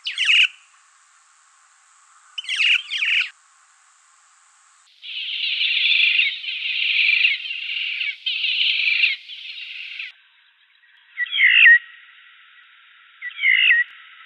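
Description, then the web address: Black-faced cuckoo-shrike calling: sharp rolling churrs, then a long buzzy, purring series lasting about five seconds, ending with two more short grating calls. Recorded in a garden in Canberra. "bf Cuckoo Shrike. canberra-garden-birds cuckoo-shrikes"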